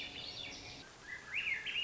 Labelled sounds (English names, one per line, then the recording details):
Swainson's Thrush
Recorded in Sonoma County, California